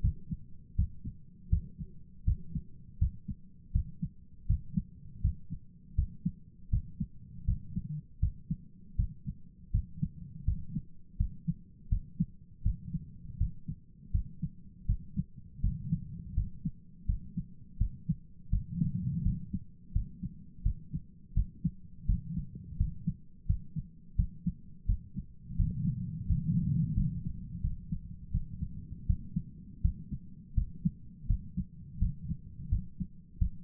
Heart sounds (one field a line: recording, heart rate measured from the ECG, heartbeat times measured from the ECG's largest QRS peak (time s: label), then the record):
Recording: heart sounds by stethoscope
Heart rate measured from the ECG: 83 bpm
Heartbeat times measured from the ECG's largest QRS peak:
0.75 s: heartbeat
1.48 s: heartbeat
2.24 s: heartbeat
2.98 s: heartbeat
3.71 s: heartbeat
4.46 s: heartbeat
5.20 s: heartbeat
5.94 s: heartbeat
6.69 s: heartbeat
7.44 s: heartbeat
8.19 s: heartbeat
8.95 s: heartbeat
9.70 s: heartbeat
10.44 s: heartbeat
11.16 s: heartbeat
11.88 s: heartbeat
12.62 s: heartbeat
13.37 s: heartbeat
14.10 s: heartbeat
14.85 s: heartbeat
15.60 s: heartbeat
16.33 s: heartbeat
17.05 s: heartbeat
17.77 s: heartbeat
18.49 s: heartbeat
19.22 s: heartbeat
19.92 s: heartbeat
20.62 s: heartbeat
21.33 s: heartbeat
22.05 s: heartbeat
22.76 s: heartbeat
23.45 s: heartbeat
24.15 s: heartbeat
24.85 s: heartbeat
25.55 s: heartbeat
26.26 s: heartbeat
26.93 s: heartbeat
27.60 s: heartbeat
28.30 s: heartbeat
29.05 s: heartbeat
29.81 s: heartbeat
30.54 s: heartbeat
31.26 s: heartbeat
31.98 s: heartbeat
32.68 s: heartbeat
33.38 s: heartbeat
From the record:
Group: healthy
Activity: rest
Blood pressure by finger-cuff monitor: 160/85 mmHg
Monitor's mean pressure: 102 mmHg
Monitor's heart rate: 83 bpm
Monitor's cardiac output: 8.1 L/min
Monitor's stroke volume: 98 mL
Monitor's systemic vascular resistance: 900 dyn s/cm5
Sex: male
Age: 57 years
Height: 188 cm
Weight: 106 kg